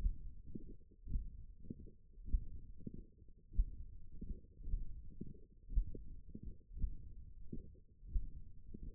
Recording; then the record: forearm muscle sounds (acoustic myography)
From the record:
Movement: tripod grip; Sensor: system 1, eight BSWA MPA416 microphones around the upper forearm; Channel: 7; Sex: male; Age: 21 years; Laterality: right